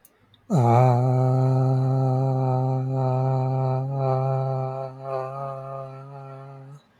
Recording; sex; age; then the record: vowel held as long as possible; male; 20 to 29 years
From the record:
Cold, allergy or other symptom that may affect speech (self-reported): no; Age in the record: 26 years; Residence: Pennsylvania, United States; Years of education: 12